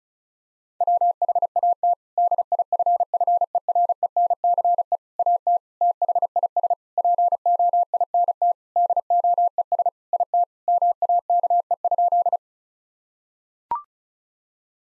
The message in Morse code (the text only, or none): WHAT DIFFERENCE AT THIS POINT DOES IT MAKE?